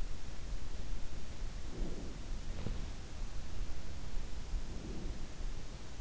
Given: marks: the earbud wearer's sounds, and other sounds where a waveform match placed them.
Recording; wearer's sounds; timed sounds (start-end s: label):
sounds in sleep by an in-ear microphone; breath
1.67-2.94 s: breath
4.42-5.17 s: breath